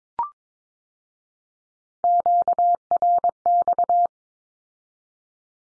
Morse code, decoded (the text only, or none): QRX